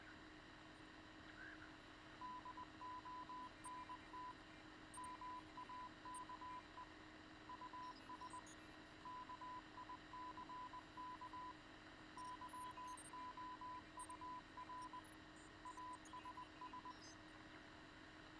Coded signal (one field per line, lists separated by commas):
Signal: Morse code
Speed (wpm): 20 wpm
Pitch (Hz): 1000 Hz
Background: radio noise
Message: DONT MAKE US KICK YOUR ASS